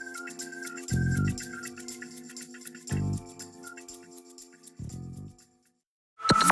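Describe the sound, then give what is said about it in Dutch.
The NPO Radio 1 hourly time signal at 8:00: rapid clock ticking over a steady tonal bed, punctuated by three deep, resonant tones about two seconds apart, ending in a sudden loud bright burst. “Zo dadelijk na de klok van 8:00 praten we verder.”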